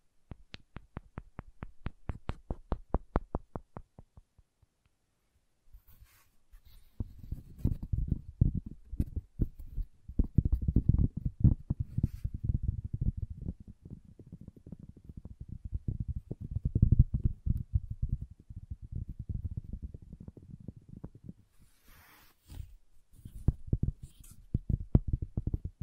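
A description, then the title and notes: Wood triggers open with a quick run of evenly spaced, crisp taps for about four seconds, then a short pause. From around seven seconds, dense, low rubbing and rapid tapping fill most of the clip, broken by a brief gap before resuming near the end. ASMR Calming Wood Triggers for Sleep (No Talking).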